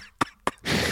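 A man gives two short, sharp coughs.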